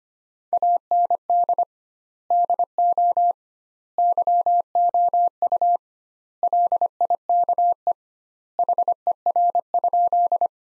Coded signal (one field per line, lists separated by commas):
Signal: Morse code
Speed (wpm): 25 wpm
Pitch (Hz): 700 Hz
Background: none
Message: AND DO YOU LIKE HER?